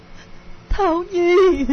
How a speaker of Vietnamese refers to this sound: Tiếng khóc của hai mẹ con dường như làm vỡ tung căn phòng vắng lặng của bệnh viện.